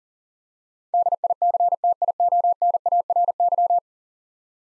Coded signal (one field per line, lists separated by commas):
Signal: Morse code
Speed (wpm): 40 wpm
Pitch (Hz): 700 Hz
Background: none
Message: DICTIONARY